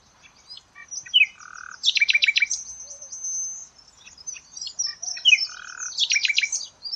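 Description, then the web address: Bird song in two similar bursts, each a short whistle followed by a fast, loud, stuttering trill of bright notes, with faint high chatter throughout. "Deverinetal 2025. Bird Only"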